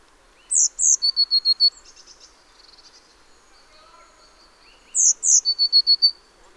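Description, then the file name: Eurasian blue tit calling: two sharp high notes then a fast string of lower repeated notes, given twice, with faint softer twittering in the gap. "Cyanistes caeruleus"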